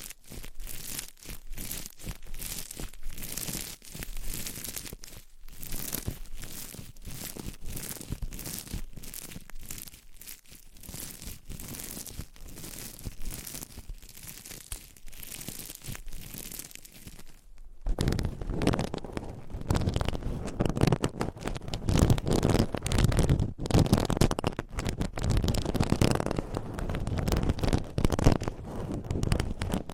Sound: Binaural Mic Scratching , Massage & Tapping